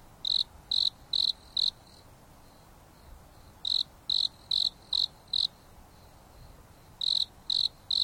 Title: There is a gentle breeze blowing on the top of the mountain under the starry sky, and the insects are singing leisurely.